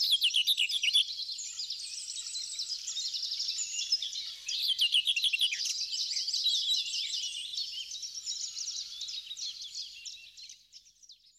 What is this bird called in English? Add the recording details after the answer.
Common Whitethroat. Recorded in the wild. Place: Flögelner See, Schleswig-Holstein, DE. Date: 2009-05-26. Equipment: MiniDisc Sharp MT 20 H. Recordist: Schwarz, Dieter. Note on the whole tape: Song